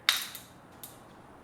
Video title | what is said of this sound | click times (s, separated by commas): Ridgid Impact Driver/Drill Review | and I know once that clip hits and you hear that click click CLI click click I know this is secure in here it's it's not going anywhere | 0.1 s, 0.3 s, 0.8 s